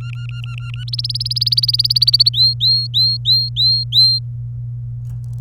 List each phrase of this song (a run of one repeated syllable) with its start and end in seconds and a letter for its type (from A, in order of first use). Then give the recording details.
0.00-0.84 A, 0.88-2.29 B, 2.33-4.19 C. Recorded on 27 April 2018 at 10:14. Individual llb3